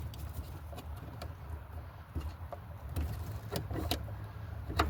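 A keyed multi-pin plastic wiring connector from a cruise control kit for a VW T2C Brazilian-built Kombi is pushed into its mating harness plug, with soft handling and scraping noises over a low steady hum. A sharp click is heard at 4.8 s, but the connector is not fully home yet and needs to be reseated.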